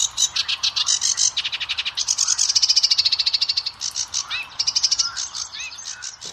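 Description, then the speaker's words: Sedge Warbler song: rapid rattling trills and scratchy repeated syllables that change abruptly, continuous throughout. Song directed at females, less variable than related warblers, about 70 syllables; probably also aimed at neighbours to defend the territory. "Geht man jetzt zum Schilfrohrsänger, da ist der Gesang auch so, dass er an die Weibchen orientiert ist, aber nicht so variabel, die haben 70 Silben."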